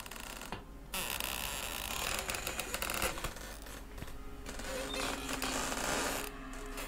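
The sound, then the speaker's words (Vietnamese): The old door of room 265, unlocked with a key by the landlord, creaks open in a long, grinding squeal with irregular stuttering ticks and groans, steady and fairly loud for several seconds, with no voices. “Có lẽ là vì căn phòng đã cũ, tiếng cửa kêu lên cót két nghe đến giận cả người.”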